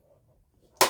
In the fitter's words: kind of just snaps in place this right here is that weapons weapons rack that I was showing you guys